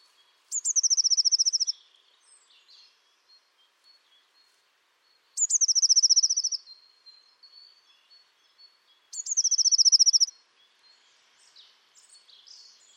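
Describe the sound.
Bird trills three times, several seconds apart. Each is a brief high burst of fast, even notes, with scattered quiet chips between.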